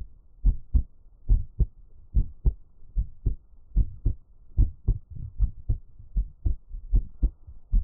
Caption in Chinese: 獻上我的心跳 | Give my Heartbeat | NO Talking。